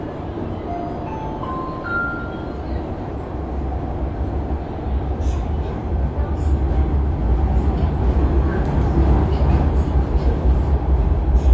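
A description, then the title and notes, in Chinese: A steady, dense roar fills a Shenzhen metro car, with a heavy low rumble underneath. Near the start, a short rising series of tones sounds, like a chime. The rumble grows louder after about five seconds, and faint voices and brief clicks come through the din. Cooling in Metro, Shenzhen。深圳地铁冷气开得很足。那天下午三四点的样子，我从地铁 1 号线鲤鱼门站上车。地铁里没什么人，很干净，很凉快，然后录下了这段音频。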